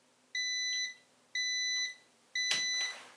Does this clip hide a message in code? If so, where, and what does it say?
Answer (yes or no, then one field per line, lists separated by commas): no